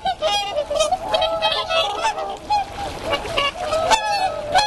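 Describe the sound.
Whooper swans trumpeting in a flock, overlapping nasal honks with rich harmonics, constant calling with no pauses.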